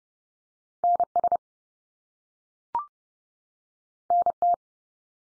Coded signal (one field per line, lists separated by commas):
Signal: Morse code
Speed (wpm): 30 wpm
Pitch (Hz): 700 Hz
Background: none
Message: NS NT